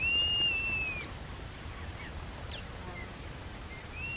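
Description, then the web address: Bird call: a long, level whistle that drops at its end, then faint short chirps and a short whistle at the very end. "BIRD 2015 SABIOD 50 bird 2015"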